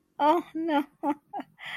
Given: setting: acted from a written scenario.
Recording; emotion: vocal sound without words; elation